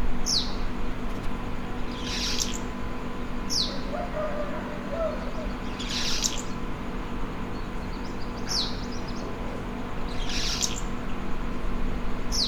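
Mascarene martin calls: short, high, downward-sweeping chirps, repeated at intervals over a steady low hum.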